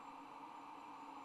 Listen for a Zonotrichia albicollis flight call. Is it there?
no